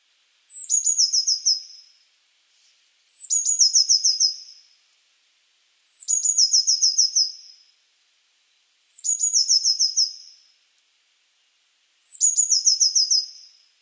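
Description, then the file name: Eurasian blue tit calling: five identical phrases about every three seconds, each a sharp high note then a quick descending ticking trill, silence between. "Cyanistes caeruleus"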